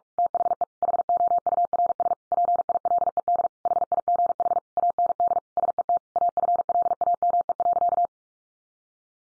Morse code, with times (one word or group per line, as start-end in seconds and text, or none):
0.2-0.6 THE
0.8-2.1 HOURS
2.3-3.5 PILED
3.7-4.6 HIGH
4.8-5.4 AND
5.6-6.0 SET
6.2-8.1 AFLAME.